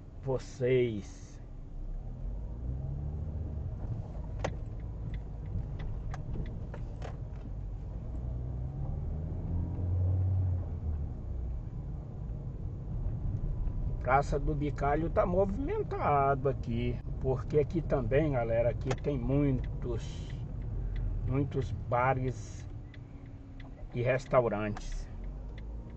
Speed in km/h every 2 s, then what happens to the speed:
7, 12, 11, 12, 21, 22, 21, 23, 22, 20, 12, 4, 6.
0-8 speeds up to 21. 8-14 steady at about 21. 14-22 slows to 4.